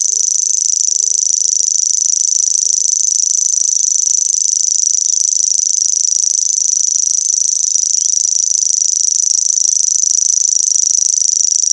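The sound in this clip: Grasshopper song, a continuous high buzzy trill made of rapid pulses, steady and unbroken throughout.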